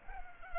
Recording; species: mosquito wingbeat signal from an infrared sensor; Culex pipiens